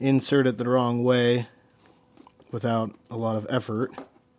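Someone talks while a keyed plastic wiring harness connector is pushed toward its mating connector on an Aston Martin F1 race car kids ride-on toy. A few faint handling ticks come around 1.9 to 2.4 seconds, between stretches of talk. Nothing has seated or clicked yet.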